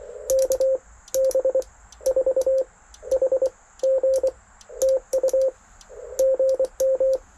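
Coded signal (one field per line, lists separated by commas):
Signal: Morse code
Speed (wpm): 24 wpm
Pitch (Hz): 530 Hz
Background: none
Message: KB4HG TU GM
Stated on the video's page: CW field activation testing a homebrew 40m quarter-wave vertical, contacts on 40m, plus 20m CW on an MFJ 2010 off-center dipole.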